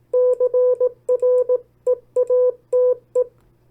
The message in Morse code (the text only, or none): CREATE